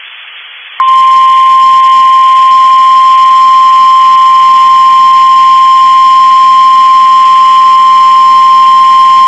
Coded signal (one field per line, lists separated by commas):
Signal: Emergency Alert System (SAME) tones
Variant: 1050 Hz attention tone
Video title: SEVERE THUNDERSTORM WARNING (EAS 138)